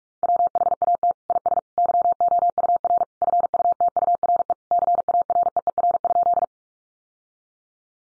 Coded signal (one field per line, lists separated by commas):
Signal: Morse code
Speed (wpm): 44 wpm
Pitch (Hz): 700 Hz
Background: none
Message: WHAT IS YOUR FUTURE CAREER?